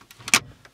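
A climate control module from an Audi A4 B8 is pushed by hand back into the dashboard opening until its four rear plastic clips snap home. Faint taps come at about 0.1 s and 0.3 s, then a sharp, bright click at 0.3 s, followed by a soft tick near 0.7 s. The panel is seated in the dash.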